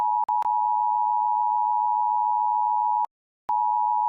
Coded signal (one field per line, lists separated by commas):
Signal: Emergency Alert System (SAME) tones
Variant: 853 and 960 Hz attention tone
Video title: EAS #2 9:22AM 08/13/23 *Daylight time* (2nd but it glitches bc my crappy TV) recorded on KineMaster